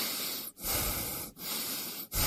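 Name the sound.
person breathing in deeply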